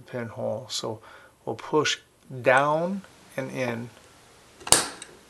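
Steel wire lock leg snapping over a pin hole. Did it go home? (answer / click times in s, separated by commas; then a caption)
yes / 4.7 s. Someone talks while a heavy steel Sure-Lox 073 wire lock is installed without a tool, pushed down and in by hand so its leg slides past the pin hole. At 4.7 s a sharp snap is heard as the lock snaps into place on the pin, followed by a couple of fainter ticks. The wire lock seats, though it is very tough to do by hand.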